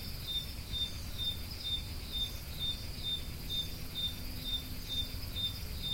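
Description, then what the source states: Crickets keep up quick, regular high chirps, about two per second, over a low rumbling background. Recorded at Roodekopjes.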